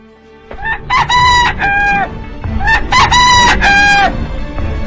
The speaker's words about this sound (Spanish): ¿Escuchaste, señor diablo? ¡Ya cantó el gallo!